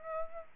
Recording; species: mosquito wingbeat signal from an infrared sensor; Aedes aegypti